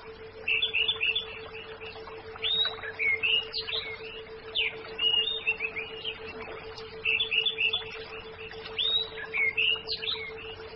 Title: Anis Merah